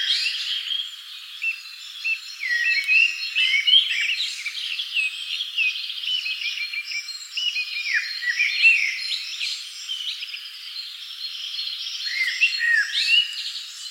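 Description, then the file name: Common blackbird calls: clear fluty whistles and falling slurs recurring through a crowded chorus of other chirping birds. "Turdus merula"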